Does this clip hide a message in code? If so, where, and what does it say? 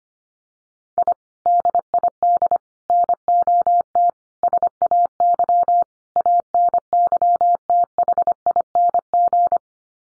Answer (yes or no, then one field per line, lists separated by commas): yes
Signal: Morse code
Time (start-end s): 1.0-9.6 s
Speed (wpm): 25 wpm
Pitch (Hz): 700 Hz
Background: none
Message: I DID NOT SAY ANYTHING